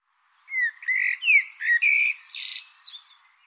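Bird giving a rapid string of chirpy, slurred notes, some falling and some rising.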